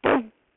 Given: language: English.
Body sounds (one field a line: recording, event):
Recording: throat vibration sensor signal played as sound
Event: throat clearing